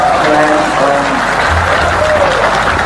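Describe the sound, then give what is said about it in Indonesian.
Loud, sustained audience applause, a dense wash of many hands clapping at steady volume throughout, with faint voices mixed into the crowd noise. “Nuwun tepuk tangan sing banter lho sama lumayan.”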